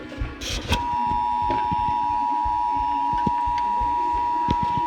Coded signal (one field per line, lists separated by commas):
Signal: Emergency Alert System (SAME) tones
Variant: 853 and 960 Hz attention tone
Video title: EAS #34 Required Monthly Test